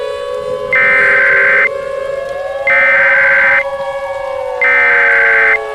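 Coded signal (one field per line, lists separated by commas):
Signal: Emergency Alert System (SAME) tones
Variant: header bursts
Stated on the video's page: Simulated EAS scenario.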